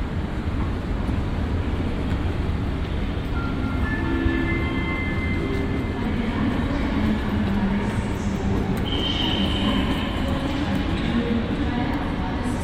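A busy train station at Cologne Central Station, with a steady, dense rumble of trains and crowd noise throughout. Murmured voices drift through the mix, and a few brief tonal squeals or whistles rise near the middle and again around nine seconds.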